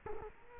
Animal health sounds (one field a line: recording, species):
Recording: mosquito wingbeat signal from an infrared sensor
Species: Culex quinquefasciatus